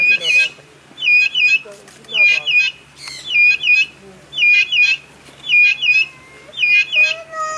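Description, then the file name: Vulturine guineafowl giving a steady series of harsh, ringing squawks, repeated roughly every second. "canto da pintada vulturina"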